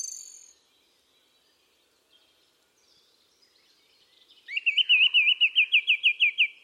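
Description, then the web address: Bird trill: a short high note opens, then quiet, then a rapid rhythmic run of wavering notes lasting about two seconds. "cianscape birddata Deverinetal 2025. Bird Only"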